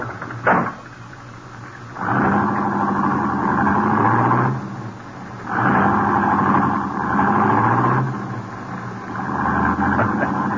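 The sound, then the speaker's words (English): A sharp door-like thud, then a car engine starting and revving in three long, rumbling surges with short pauses between, steady and fairly loud, no voices, as the car, its key left in the ignition, is started and driven away. “He's still in the ignition, too. Yeah, we're in luck. Get in. Drive it out to the farm.”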